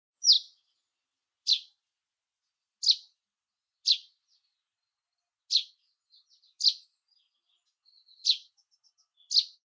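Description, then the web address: Russet sparrow calls, sharp high chirps repeated every one to two seconds, with faint soft twitters between, in a quiet background. "nyuunaisuzume"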